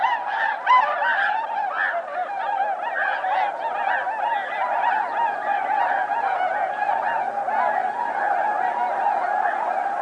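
Bewick's swans calling as a flock: a continuous chorus of soft, nasal, yelping honks overlapping throughout, steady and busy from start to finish.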